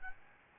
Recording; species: mosquito wingbeat signal from an infrared sensor; Aedes albopictus